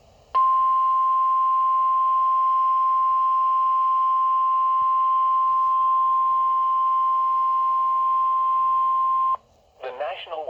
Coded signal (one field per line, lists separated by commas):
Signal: Emergency Alert System (SAME) tones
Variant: 1050 Hz attention tone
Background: speech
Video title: Severe Thunderstorm Warning (EAS #21)